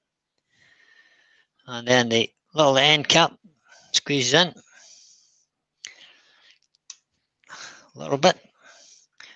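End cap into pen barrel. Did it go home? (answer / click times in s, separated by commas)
yes / 9.2 s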